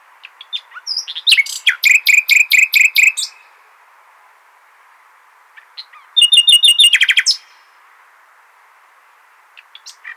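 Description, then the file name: Common nightingale song: a string of repeated loud notes, a pause, then a fast pulsing trill and a few scattered soft chirps. "Luscinia megarhynchos"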